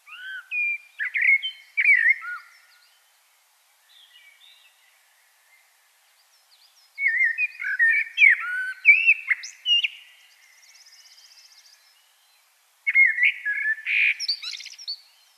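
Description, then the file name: Common blackbird song in three phrases, mellow low warbles with squeaky high flourishes, and a faint buzzy trill between the second and third phrases. "Turdus merula"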